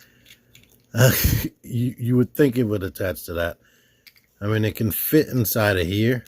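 A small plastic accessory is fitted into the chest cavity of a Magic Square MS-B27 transforming robot figure, with a few faint plastic taps early on while someone talks. The accessory fits inside but sits loosely and never clicks into place, unlike the Masterpiece version it is expected to match, so it does not attach to the chest.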